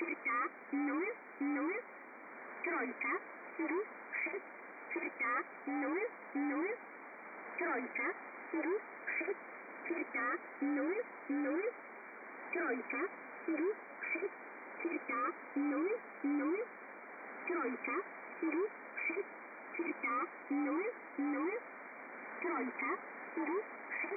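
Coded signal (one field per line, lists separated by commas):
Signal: numbers station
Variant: S11a Cherta, female voice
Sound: female voice reading short evenly spaced Russian-sounding number words over radio hiss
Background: radio static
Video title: Cherta S11a Number Station Female 4.016khz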